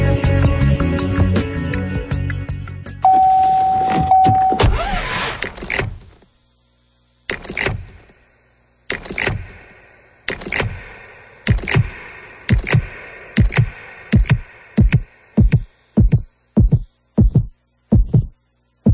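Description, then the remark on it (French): Inside a car, a seatbelt clicks into its buckle after a low engine hum and a brief steady chime, followed by a series of sharp thuds like a beating heart that grow faster and more regular. “Une ceinture attachée. Un cœur qui bat.”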